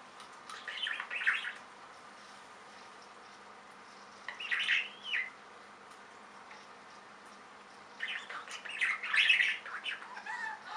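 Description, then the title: Budgerigar warbles: three separate bursts of soft scratchy twittering, at the start, around four seconds and from eight seconds on, with quiet between. "Budgie Sounds"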